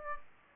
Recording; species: mosquito wingbeat signal from an infrared sensor; Aedes aegypti